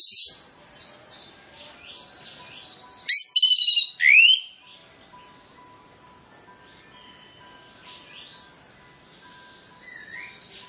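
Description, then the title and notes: Orange-headed Thrush song: varied warbled phrases, a loud burst of high chirps and rising whistles, then quieter whistled notes over a faint steady tone. Varied song phrases used as a lure to make Orange-headed Thrushes start singing loudly quickly. "Masteran Anis Kembang Full Isian Untuk Suara Pancingan Anis Kembang Agar Cepat Ngeplong. Suara Burung Anis Kembang"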